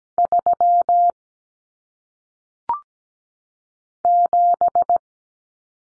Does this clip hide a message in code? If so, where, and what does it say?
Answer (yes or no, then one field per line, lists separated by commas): yes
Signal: Morse code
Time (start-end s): 0.2-5.0 s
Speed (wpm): 17 wpm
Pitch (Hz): 700 Hz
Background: none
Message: 3 7